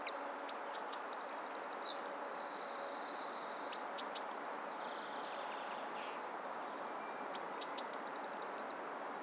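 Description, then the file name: Eurasian blue tit repeating its song three times: sharp high introductory notes followed by a rapid, slightly lower trill, phrases roughly every three and a half seconds. "Cyanistes caeruleus"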